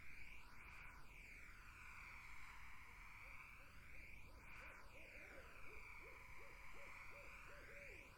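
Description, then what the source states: Barred owl starting softly, then building into a clear series of short, evenly spaced hoots, over droning insects. Barred owls, more than one, in a summer wetland.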